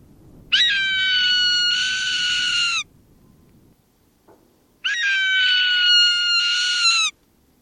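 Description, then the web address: Swainson's hawk screaming: two long, drawn-out, harsh cries, each a little over two seconds, separated by a pause of about two seconds. "Thumbs Plus Zoo Field Guide"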